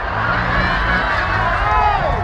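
audience clapping

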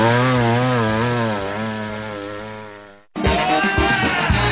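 chainsaw running

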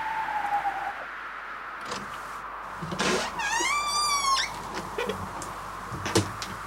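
door opening

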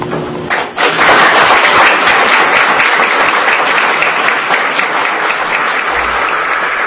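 audience applause

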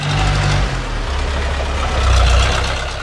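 tractor engine running

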